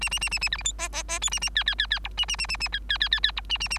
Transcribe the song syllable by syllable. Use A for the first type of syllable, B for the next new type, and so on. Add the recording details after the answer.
A A A A A B C D E E E F A A G G G G H A A A A A G G G G G H A A A. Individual Bird3